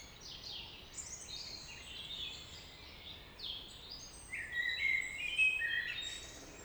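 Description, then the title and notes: Common blackbird delivering a run of high, scratchy twitters, then a clearer warbled phrase late. Early evening in April 2019, Traouïero valley, Trégastel, France; one blackbird singing with other birds; recorded with MKH 8040 microphones in an ORTF pair, MixPre-D and Zoom H5 recorders. "Vallée des Traouiero, Trégastel, France - Blackbird song [Valley Traouïero]. yponomeutaneko"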